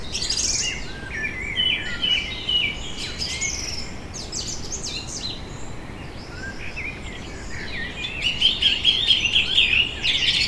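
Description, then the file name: Bird song, busy twittering and trilled phrases from more than one bird, louder bursts at the start and end, with a constant low traffic hum beneath. Vineyard ambience in Germany on a summer evening, birds with distant traffic. "tom chapman nature vineyard ambience summer evening birds distant traffic germany"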